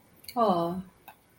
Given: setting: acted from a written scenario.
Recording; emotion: vocal sound without words; romantic love